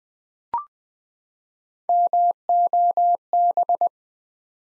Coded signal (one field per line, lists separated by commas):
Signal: Morse code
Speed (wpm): 20 wpm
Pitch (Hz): 700 Hz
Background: none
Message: MOB